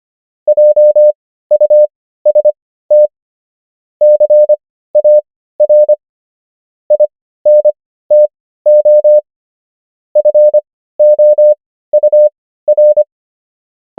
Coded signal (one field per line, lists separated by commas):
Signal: Morse code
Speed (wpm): 25 wpm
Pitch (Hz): 600 Hz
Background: none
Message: JUST CAR INTO FOUR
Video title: morse code practice | 25wpm | 15fw | 500 most common words | ENGLISH